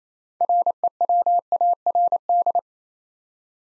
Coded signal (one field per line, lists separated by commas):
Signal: Morse code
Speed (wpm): 28 wpm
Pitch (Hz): 700 Hz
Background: none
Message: REWARD